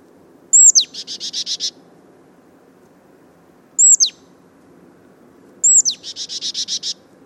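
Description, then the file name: Marsh Tit calls: a sharp, high downslurred whistle given three times, twice followed by a buzzy run of several rapid notes. "Poecile palustris"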